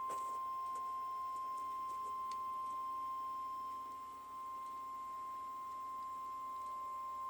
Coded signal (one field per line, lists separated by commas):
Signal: Emergency Alert System (SAME) tones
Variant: 1050 Hz attention tone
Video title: EAS Alarms Real or Fake Part 1: A